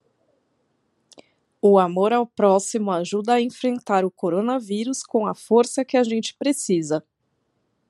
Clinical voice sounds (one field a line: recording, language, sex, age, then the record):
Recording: spoken sentence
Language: Brazilian Portuguese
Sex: female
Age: 40 to 49 years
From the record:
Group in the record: control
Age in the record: 42 years